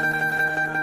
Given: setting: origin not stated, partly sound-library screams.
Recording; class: one-second piece from a danger detection set; normal situation